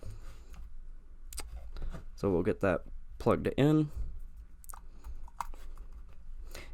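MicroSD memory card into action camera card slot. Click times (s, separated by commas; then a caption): 1.3 s. A microSD memory card is pushed back into the spring-loaded card slot of a Yi Lite action camera until it latches, with a sharp click at 1.3 s. Someone talks, and the card is seated in the slot.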